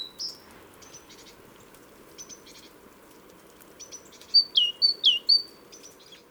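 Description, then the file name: Great tit calls: a few thin high notes, then a run of clear, down-slurred notes near the end, alternating high and lower, over a steady low hum. "Parus major"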